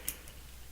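The bent arm of a plastic transforming robot toy figure is slid into its slot in the body during transformation. A single sharp tick is heard at 0.1 s, and the arm is seated.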